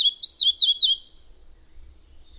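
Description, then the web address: Red-breasted flycatcher song ending: several quick, bright, descending repeated notes in the first second, followed by near silence. "agykontroll Madardalok Cd 1. Kis légykapó"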